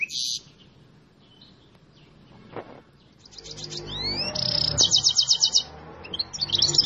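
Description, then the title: Canary song: a brief high burst, a quiet stretch, then sweeping whistles and a fast pulsed trill. Loud, persistent, long rolling canary song, meant to prompt another canary to answer. "LANGSUNG NYAUT GACOR DOR Kenari Manasaja, Dengan Kicau Kenari GACOR NGOTOT ROLL PANJANG"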